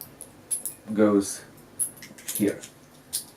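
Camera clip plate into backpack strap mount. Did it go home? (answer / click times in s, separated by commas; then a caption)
yes / 3.1 s. A camera fitted with its small clip plate is pushed into the mount fixed on a backpack strap while someone talks. A sharp click at 3.2 s marks the plate locking in, and the camera is seated on the backpack strap.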